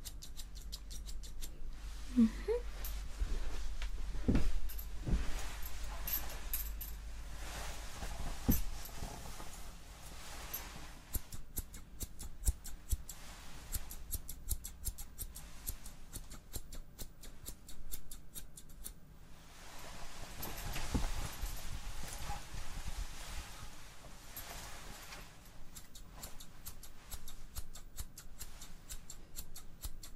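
Hair salon sounds with fast, crisp snipping clicks from scissors that come in dense bursts, especially around the first ten seconds and again from about 19 to 25 seconds. A low rumble runs under the first half, with soft murmuring and handling sounds throughout.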